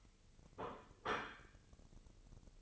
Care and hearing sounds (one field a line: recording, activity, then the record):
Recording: daily activity, microphone in the room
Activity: place plate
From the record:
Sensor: 4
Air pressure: 1008.3 hPa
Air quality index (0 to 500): 81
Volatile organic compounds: 1 ppm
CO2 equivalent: 649 ppm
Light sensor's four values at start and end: 12/28/11/11 and 12/28/11/11